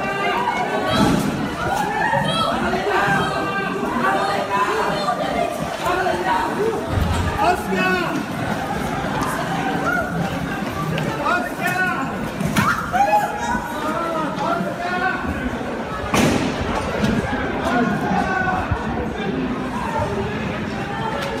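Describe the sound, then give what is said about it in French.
A crowd runs through a street in a dense, continuous rush of overlapping shouts and cries, with people yelling out first names amid scattered thumps of footfalls, loud throughout. “Ce qu'il voit est insoutenable, une foule qui court, des prénoms qu'on hurle.”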